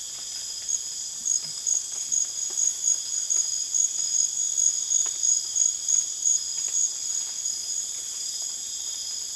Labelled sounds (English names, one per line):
none